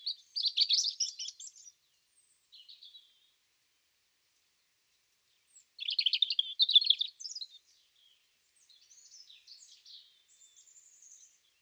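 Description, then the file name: European robin singing: a dense, high twittering phrase, a faint short note, a long pause, then another rich phrase followed by soft, high wavering notes. "Erithacus rubecula"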